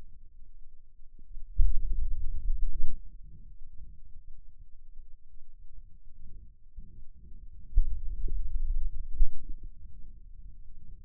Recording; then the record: forearm muscle sounds (acoustic myography)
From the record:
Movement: finger pinch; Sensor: system 2, bracelet of six BSWA MPA416 microphones around the upper forearm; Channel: 2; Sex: male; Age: 22 years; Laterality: right